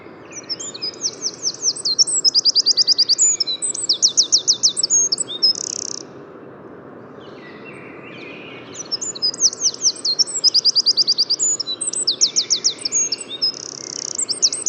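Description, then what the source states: Eurasian wren song given twice, each a loud cascade of high trills and rattles, separated by a pause of quieter background noise. Heard in the Bois de Vincennes on the morning of 6 April 2018.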